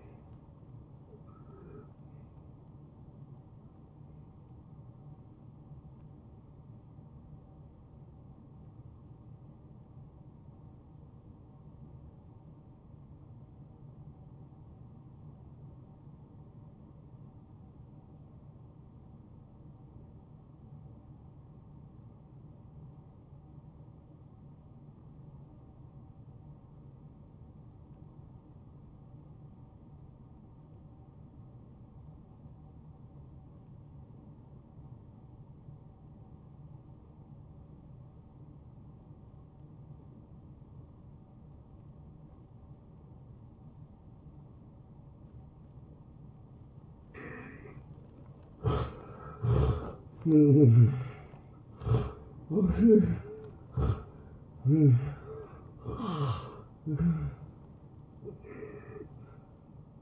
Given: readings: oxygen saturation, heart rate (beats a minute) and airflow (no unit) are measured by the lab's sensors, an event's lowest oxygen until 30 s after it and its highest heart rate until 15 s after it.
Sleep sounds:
breathing in sleep by a smartphone at the bedside; 1
10.00-48.00 s: obstructive apnea (N1, oxygen 95% highest, then 80% lowest)
26.00-56.00 s: new sleep stage, N2 (light sleep)
56.00-60.02 s: new sleep stage, N1 (lightest sleep)
From the record:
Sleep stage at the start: N1 (lightest sleep); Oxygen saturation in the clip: 81 to 95%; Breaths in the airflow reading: 5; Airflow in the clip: -17.1 to 9.3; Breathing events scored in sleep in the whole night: 263 in 5.5 hours asleep

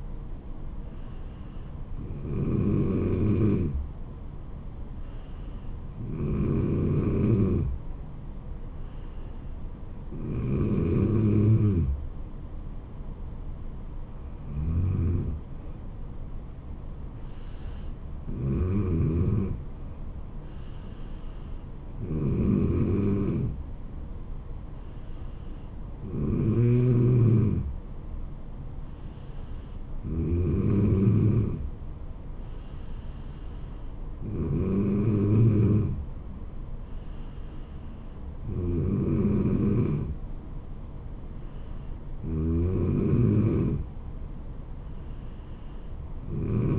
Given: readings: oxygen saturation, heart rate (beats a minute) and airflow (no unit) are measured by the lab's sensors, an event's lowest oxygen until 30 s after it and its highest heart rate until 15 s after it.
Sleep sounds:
breathing in sleep by a smartphone at the bedside; none
none scored
From the record:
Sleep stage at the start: N3 (deep sleep); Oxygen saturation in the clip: 94 to 95%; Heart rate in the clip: 69 to 76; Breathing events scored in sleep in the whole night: 426 in 7.4 hours asleep

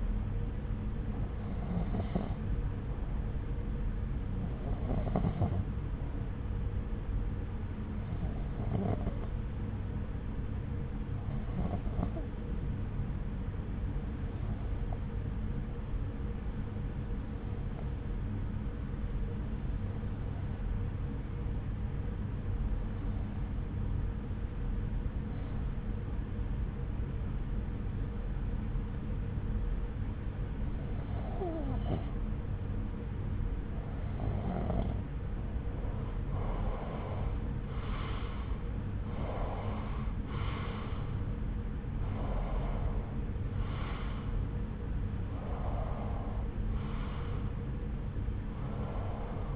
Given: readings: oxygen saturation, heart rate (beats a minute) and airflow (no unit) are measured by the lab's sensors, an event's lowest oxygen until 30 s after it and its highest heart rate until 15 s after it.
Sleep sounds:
breathing in sleep by a smartphone at the bedside; 1
8.00-34.50 s: hypopnea (N1, oxygen 93% highest, then 88% lowest)
From the record:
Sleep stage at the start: N1 (lightest sleep); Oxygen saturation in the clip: 89 to 93%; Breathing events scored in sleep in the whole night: 303 in 8.1 hours asleep

